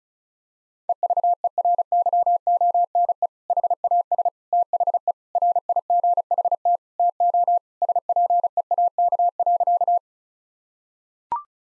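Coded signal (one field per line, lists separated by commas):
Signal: Morse code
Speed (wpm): 36 wpm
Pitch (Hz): 700 Hz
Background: none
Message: EVERYONE HAS THE RIGHT TO SPEAK.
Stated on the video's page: Morse practice sentences of common three-word phrases at 35 wpm, each sent, spoken, then sent again for head-copy training.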